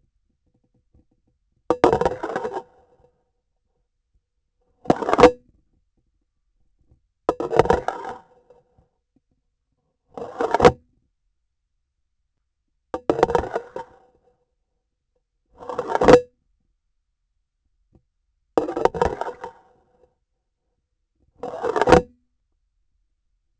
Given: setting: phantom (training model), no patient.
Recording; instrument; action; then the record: laparoscopic instrument, vibration sensor on the handle end; grasping forceps; insertion and removal through the trocar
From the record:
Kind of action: spatial motion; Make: Olympus